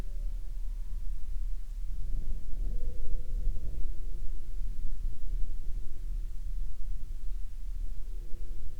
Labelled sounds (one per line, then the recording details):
wind
insects
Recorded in the Prudhoe Bay oil fields, Alaska, on 11 July 2021 at 14:29
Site 14